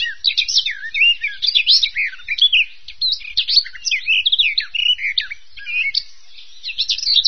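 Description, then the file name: Bird singing a rapid, unbroken warble of mixed rising and falling chirps and trills at a steady high pitch. "vogel"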